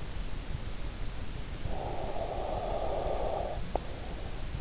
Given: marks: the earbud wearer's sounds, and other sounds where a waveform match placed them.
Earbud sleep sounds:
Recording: sounds in sleep by an in-ear microphone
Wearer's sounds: breath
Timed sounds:
1.45-4.51 s: breath

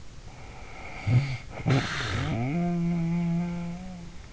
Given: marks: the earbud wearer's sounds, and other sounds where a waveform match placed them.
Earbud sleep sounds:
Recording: sounds in sleep by an in-ear microphone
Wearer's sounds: snoring breath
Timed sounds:
0.34-4.33 s: snoring breath

